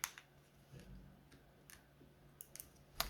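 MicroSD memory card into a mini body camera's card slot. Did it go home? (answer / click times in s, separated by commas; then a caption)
yes / 3.0 s. A microSD memory card is pushed into the card slot of a small 1080p MD30 pocket body camera until its spring latch clicks. Several short, sharp clicks and taps are heard near 0.0, 0.2, 2.4, 2.6 and 2.6 seconds. The loudest click comes at 3.0 seconds as the card seats in the slot.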